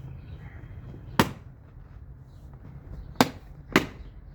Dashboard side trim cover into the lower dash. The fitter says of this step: Align it with the dashboard edge and press it gently until all the clips snap into place.